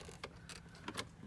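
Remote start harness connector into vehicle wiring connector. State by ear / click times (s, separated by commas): seated / 0.2 s, 0.9 s, 1.0 s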